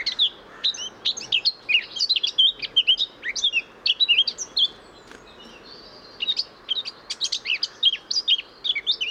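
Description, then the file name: Eurasian blackcap giving two long stretches of rapid, jumbled high warbling notes separated by a brief lull. "Sylvia atricapilla"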